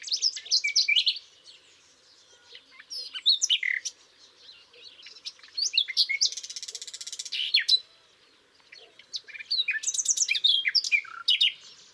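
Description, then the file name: Common nightingale song: short bursts of rapid repeated chirps and whistles, separated by silent pauses, with a dense buzzy rattle in the middle. "Luscinia megarhynchos"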